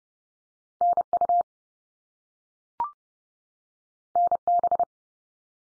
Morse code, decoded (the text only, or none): NU NB